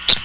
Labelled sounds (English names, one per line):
Common Yellowthroat flight call